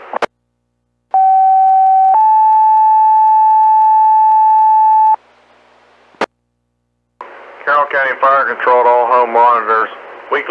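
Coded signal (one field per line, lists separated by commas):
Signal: two-tone page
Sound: radio click, one steady tone, then a higher steady tone for three seconds, then voice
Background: radio static, dispatcher speech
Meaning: Tone pair activates fire department pagers for a test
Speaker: Carroll County fire controlled all home monitors weekly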